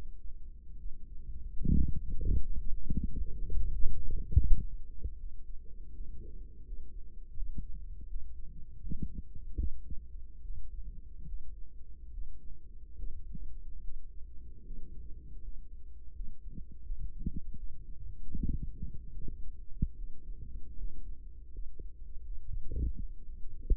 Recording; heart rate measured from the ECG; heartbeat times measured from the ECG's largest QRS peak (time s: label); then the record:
heart sounds by microphone in the right ear; 76 bpm
0.76 s: heartbeat
1.73 s: heartbeat
2.64 s: heartbeat
3.53 s: heartbeat
4.37 s: heartbeat
5.15 s: heartbeat
5.90 s: heartbeat
6.62 s: heartbeat
7.33 s: heartbeat
8.06 s: heartbeat
8.79 s: heartbeat
9.55 s: heartbeat
10.41 s: heartbeat
11.24 s: heartbeat
12.10 s: heartbeat
12.95 s: heartbeat
13.80 s: heartbeat
14.62 s: heartbeat
15.39 s: heartbeat
16.11 s: heartbeat
16.82 s: heartbeat
17.54 s: heartbeat
18.31 s: heartbeat
19.10 s: heartbeat
19.94 s: heartbeat
20.75 s: heartbeat
21.50 s: heartbeat
22.22 s: heartbeat
22.94 s: heartbeat
23.65 s: heartbeat
From the record:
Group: healthy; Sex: male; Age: 35 years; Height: 178 cm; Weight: 64 kg